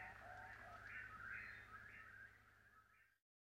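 Eastern whip-poor-will singing a run of whistled phrases over a low steady background hum, ending abruptly.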